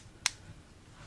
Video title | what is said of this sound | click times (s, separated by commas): DX Soul of Chogokin Voltes V - Full Review - 4K | you see you hear the click and then | 0.3 s